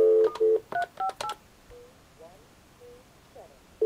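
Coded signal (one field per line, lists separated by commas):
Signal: DTMF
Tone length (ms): 120 ms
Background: speech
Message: 358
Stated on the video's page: Telephone tones from a demonstration of the Call Waiting Deluxe calling feature, using a Type II Caller ID generator.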